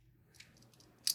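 A plastic corner/edge piece is prised off the core of a magnetic stickerless speedcube during disassembly. Faint handling ticks lead up to a sharp snap at 1.1 s as the piece pops off, coming away really easily.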